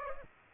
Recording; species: mosquito wingbeat signal from an infrared sensor; Aedes aegypti